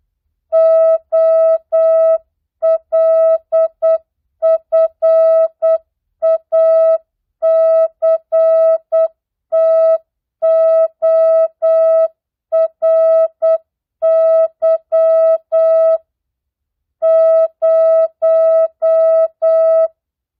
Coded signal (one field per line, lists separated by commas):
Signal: Morse code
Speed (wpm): 8 wpm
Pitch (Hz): 650 Hz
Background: music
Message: OLFACTORY 0